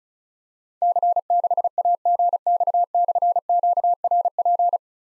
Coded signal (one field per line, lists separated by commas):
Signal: Morse code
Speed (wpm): 36 wpm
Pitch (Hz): 700 Hz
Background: none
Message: C6AGX/QRP